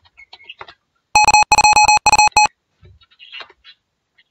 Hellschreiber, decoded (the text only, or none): none